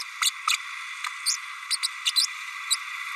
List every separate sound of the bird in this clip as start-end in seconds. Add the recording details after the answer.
0.22-0.30, 0.47-0.56, 1.25-1.36, 1.70-1.77, 1.83-1.87, 2.05-2.11, 2.15-2.26, 2.70-2.76. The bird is a female. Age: 32 days. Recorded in a nest box in Venezuela. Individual 17B32A7